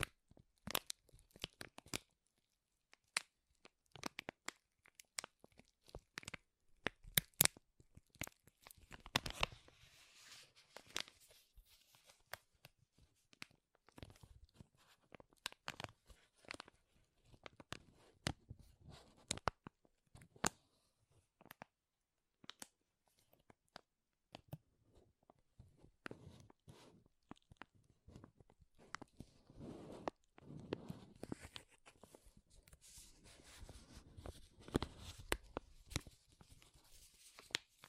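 Crinkling, crackling sounds fill the whole recording as dense bursts of sharp, bright clicks and rustles, irregular and rapid, with brief quieter gaps. Around ten seconds and again from about thirty seconds the crinkles thicken into fuller, louder stretches that tear and crunch.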